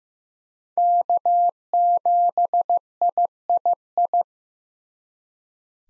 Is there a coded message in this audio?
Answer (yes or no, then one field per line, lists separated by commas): yes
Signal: Morse code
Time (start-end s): 0.8-4.2 s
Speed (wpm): 15 wpm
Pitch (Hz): 700 Hz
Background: none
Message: K7III